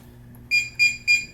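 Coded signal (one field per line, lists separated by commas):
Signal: beep code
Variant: TownSteel RFID electronic lock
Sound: three quick high-pitched beeps in a row after low hum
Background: low electrical hum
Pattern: 3 short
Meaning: Three beeps: the key card was rejected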